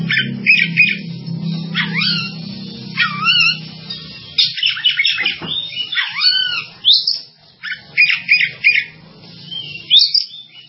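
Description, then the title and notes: Bird song, loud varied phrases of looping slurred whistles and chatters, repeated with short breaks, over a low droning hum. "Bird Sound. Kicau Burung Lengkap"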